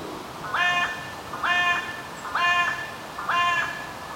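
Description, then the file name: Carrion crow giving four harsh, nasal caws, each about a third of a second long, spaced roughly one second apart, with a faint hiss in the background. "Corvus corone"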